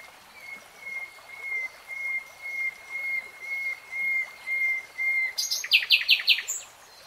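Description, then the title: Nightingale song: a long sequence of steady, evenly spaced whistled notes on one pitch, then a sudden burst of loud, rapid repeated strokes. Singing, recorded in real time. "[Tiếng chim hót] Nightingale Singing"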